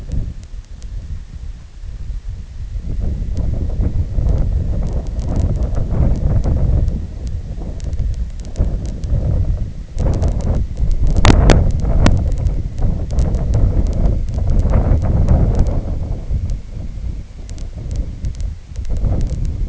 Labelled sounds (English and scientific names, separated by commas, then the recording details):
none
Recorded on Arctic tundra, site IGLO-D, on 19 June 2018
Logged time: 22:00